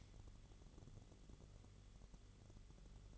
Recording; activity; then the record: daily activity, microphone in the room; light off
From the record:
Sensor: 4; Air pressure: 1008.7 hPa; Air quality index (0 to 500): 92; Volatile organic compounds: 1 ppm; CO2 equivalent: 693 ppm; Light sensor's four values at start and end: 12/28/11/10 and 11/25/10/9